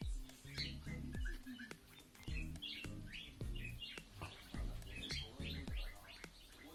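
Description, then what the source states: Cockatiel chirping, scattered short upward chirps and squeaky notes at irregular intervals, over a steady low rumble and occasional sharp clicks. Lutino colour variety.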